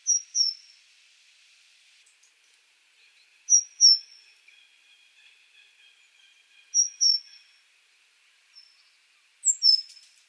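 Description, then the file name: Great tit calls: clear pairs of high, down-slurred notes repeating about every three seconds, with a faint, thin, level tone between them. "Parus major"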